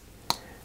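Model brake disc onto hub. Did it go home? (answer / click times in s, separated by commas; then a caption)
yes / 0.3 s. The brake disc of a 1/6-scale Citroën DS 19 model car is lined up with its small pins on the front arm hub and pushed until it clips into place. A single sharp click sounds at 0.3 s against quiet background noise. The disc is seated.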